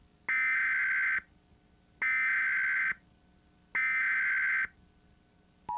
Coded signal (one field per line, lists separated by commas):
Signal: Emergency Alert System (SAME) tones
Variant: header bursts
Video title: EAS - Flatten the Curve IV